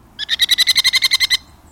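Merlin calling a rapid, even chatter of about a dozen sharp, high notes, ending abruptly after just over a second.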